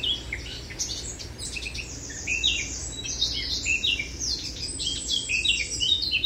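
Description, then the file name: Eurasian blackcap song, a rich run of varied high warbling phrases flowing almost continuously. "Sylvia atricapilla"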